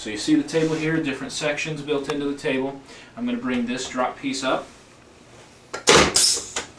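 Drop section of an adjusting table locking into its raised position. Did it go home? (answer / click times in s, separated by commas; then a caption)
yes / 6.2 s. Someone talks while raising the drop section of a chiropractic adjusting table, and a loud click is heard at 6.2 s. The drop piece latches into its raised position, locking about half an inch higher than the neighboring section.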